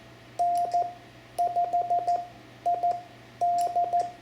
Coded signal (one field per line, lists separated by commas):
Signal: Morse code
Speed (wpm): 14 wpm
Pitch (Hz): 700 Hz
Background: none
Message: N5ID